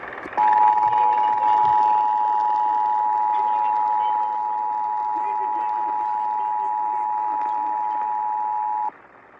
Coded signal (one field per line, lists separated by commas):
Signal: Emergency Alert System (SAME) tones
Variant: 853 and 960 Hz attention tone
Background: speech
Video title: A busted slight risk… EAS Alerts from 9/21/23 [EAS #339-347]